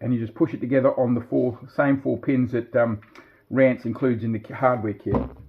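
A 3D-printed plastic shell half of a blaster body is angled, slid up and pushed together onto four locating pins from the hardware kit while someone talks throughout. The part has not seated or clicked into place yet when the clip ends.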